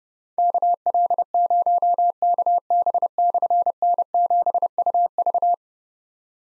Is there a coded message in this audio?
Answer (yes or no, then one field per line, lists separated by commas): yes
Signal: Morse code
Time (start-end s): 0.4-5.5 s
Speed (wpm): 30 wpm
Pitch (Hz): 700 Hz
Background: none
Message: KL0KB/N7UV